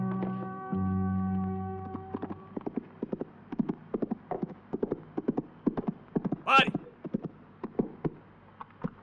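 Horse hooves clip-clop in a steady, slightly uneven trot of sharp knocks, following a sustained low droning tone that fades out, with a brief high squeal partway through.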